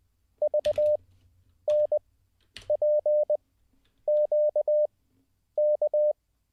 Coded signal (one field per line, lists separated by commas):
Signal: Morse code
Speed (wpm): 20 wpm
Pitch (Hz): 600 Hz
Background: none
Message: VNPQK